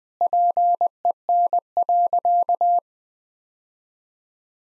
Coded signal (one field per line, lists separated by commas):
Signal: Morse code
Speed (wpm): 20 wpm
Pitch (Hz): 700 Hz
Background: none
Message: PEN.